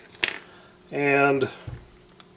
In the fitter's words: so i'm just going to take this one here they just pop right out of this little housing